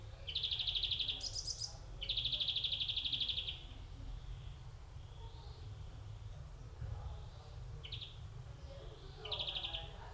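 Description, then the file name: European greenfinch singing loud, fast rattling trills, a higher one in between, then fainter trill fragments after a lull, over low rumbling background noise. "Chloris chloris"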